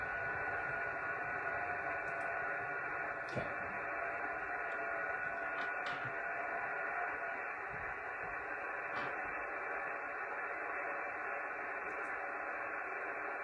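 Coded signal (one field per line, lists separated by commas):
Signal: FT8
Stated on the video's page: FT8 and FT4 signals on a Yaesu FT-991 during a first digital-mode session.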